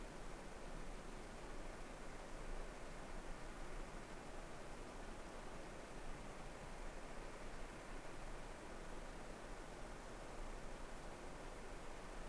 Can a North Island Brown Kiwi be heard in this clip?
no